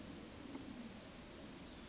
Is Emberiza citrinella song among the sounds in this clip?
yes